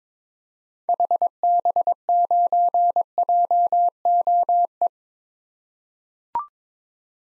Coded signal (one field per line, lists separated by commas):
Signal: Morse code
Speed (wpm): 22 wpm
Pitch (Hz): 700 Hz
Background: none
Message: HB9JOE